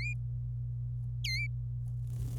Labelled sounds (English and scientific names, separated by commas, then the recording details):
Domestic Canary (Serinus canaria) song
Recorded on 26 April 2018 at 10:42
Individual llb3